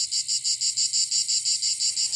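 Periodical cicada chorus: a loud, high, hissing buzz that pulses steadily about six times a second.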